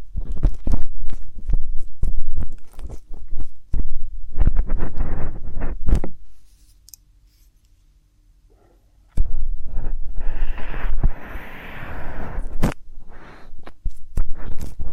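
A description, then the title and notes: Ear stimulation sounds: rapid crackling clicks and crunchy taps fill the first six seconds, then stop for nearly three seconds of silence. A scratchy, rustling texture returns around nine seconds, swelling and fading with scattered sharp clicks through the end. ASMR Inner Ear and Ear Drum Stimulation (No Talking).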